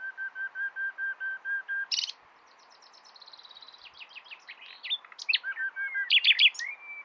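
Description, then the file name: Common nightingale song: a run of even whistled notes, then a pause and a rising burst of buzzy trills and sharp chirps. "Luscinia megarhynchos"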